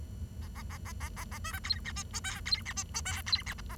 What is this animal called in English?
Bengalese Finch